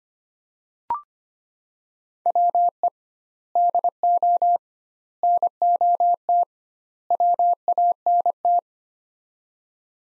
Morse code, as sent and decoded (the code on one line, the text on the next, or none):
.-- . / -.. --- / -. --- - / .-- .- -. -
WE DO NOT WANT